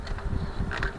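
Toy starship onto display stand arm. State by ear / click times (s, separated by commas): seated / 0.8 s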